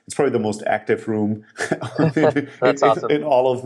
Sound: laughs